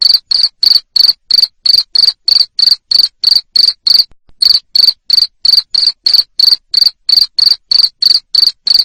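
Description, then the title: Cricket giving a steady train of sharp, high-pitched chirps, roughly three per second, pausing once briefly. Loud cricket chirping played to stimulate lovebirds to keep singing (ngekek). "Suara JANGKRIK NGERIK Keras Bikin LOVEBIRD Jadi NGEKEK Terus Vubey"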